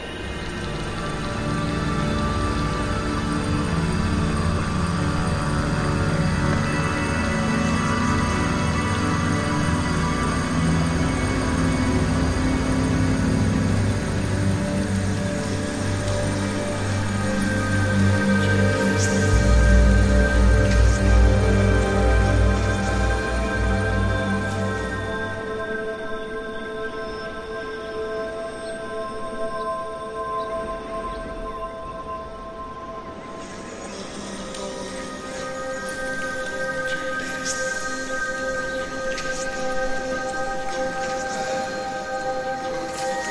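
Sustained ambient music drifts over a windy summer countryside, with long held tones layered across low and high pitches. A deep rumble swells and peaks around twenty seconds, then drops away near twenty-six seconds, leaving lighter, thinner tones that shift again past thirty-three seconds.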